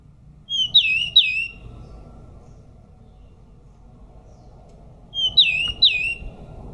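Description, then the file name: Pied bush chat singing two brief, quick phrases of slurred whistled notes, several seconds apart. "suara decu belang"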